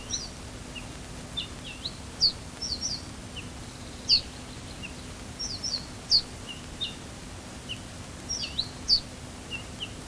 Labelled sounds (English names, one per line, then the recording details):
Ortolan Bunting
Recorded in the wild
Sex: diverse
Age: diverse
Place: Schloß Holte-Stukenbrock, Senne, Nordrhein-Westfalen, DE
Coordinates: 51.8683, 8.65722
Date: 1966
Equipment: Uher 4000 Report-S, Bändchenmikro Beyer M 260, Parabolspiegel Polyester (470 mm)
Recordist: Conrads, Klaus